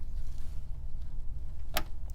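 A memory module (DIMM) is pressed into a DIMM slot on a Dell PowerEdge T110 server motherboard, over a steady low hum. At 1.8 s a sharp click is heard as the first of the two plastic retention tabs snaps up into the module's side notch. This seats only one side, so the module is partly secured.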